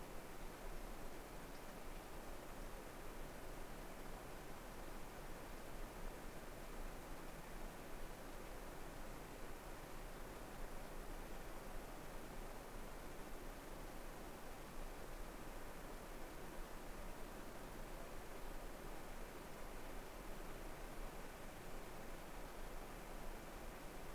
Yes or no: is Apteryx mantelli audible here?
no